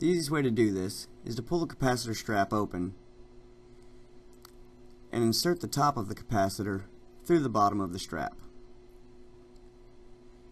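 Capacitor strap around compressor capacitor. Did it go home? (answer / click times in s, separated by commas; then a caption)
no / none. Someone talks while fitting a compressor capacitor back into its capacitor strap, pulling the strap open and inserting the top of the capacitor through the bottom of the strap, with only a few faint, brief handling sounds in the quiet gaps between speech. Nothing has seated or clicked yet.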